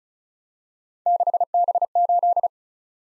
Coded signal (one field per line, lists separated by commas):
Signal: Morse code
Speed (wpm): 36 wpm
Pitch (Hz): 700 Hz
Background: none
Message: 6B8